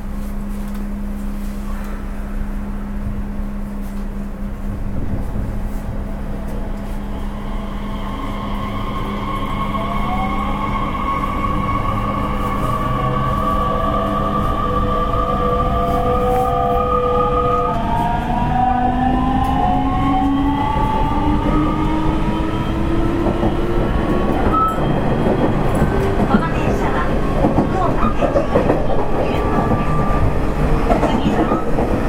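A Nishitetsu 3000 series electric train runs with a steady low rumble and rolling wheel noise throughout. Motor whine tones glide and shift pitch, rising in several layers after the midpoint, while the roar grows slightly denser and rougher toward the end.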